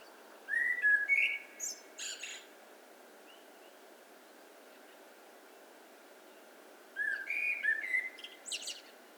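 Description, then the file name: Common blackbird song: two phrases of mellow, flowing whistles, each finishing with brief, high, squeaky twittering, separated by a pause of several seconds. "Turdus merula"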